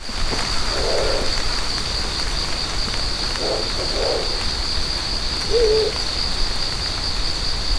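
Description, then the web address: Cicada song, a steady unbroken high buzz running throughout, with a few low soft cooing notes from another animal in the background. "abarazemi 120916"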